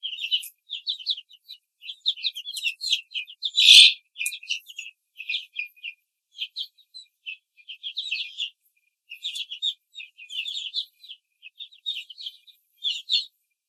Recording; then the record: young laying hens in a cage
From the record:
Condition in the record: control cage, after the stress test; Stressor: none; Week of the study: 4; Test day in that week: 1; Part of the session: 3